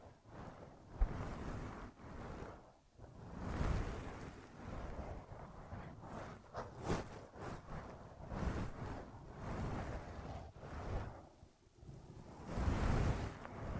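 Ear massage and cleaning sounds: dense, rustling rubbing and brushing that swells and fades in uneven strokes, like rushing wind or surf. Short near-silent pauses break the texture around the third and twelfth seconds, with a soft knock near the first second.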